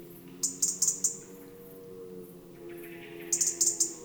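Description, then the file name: European robin calls: two rapid runs of sharp, high-pitched ticks, one at the start and one at the end, separated by quiet low hum. "Erithacus rubecula"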